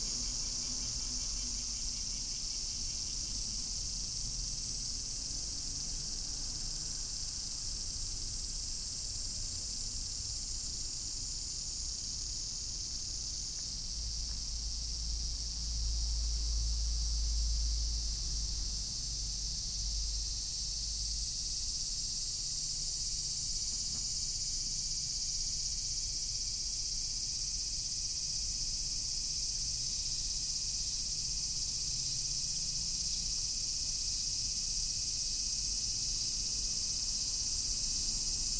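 In Kyoto, dense, steady insect and cricket trilling fills the high range, with a low rumble swelling briefly midway through.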